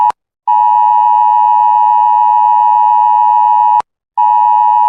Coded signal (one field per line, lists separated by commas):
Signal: Emergency Alert System (SAME) tones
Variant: 853 and 960 Hz attention tone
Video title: rating EAS alarms by how scary they are (P2)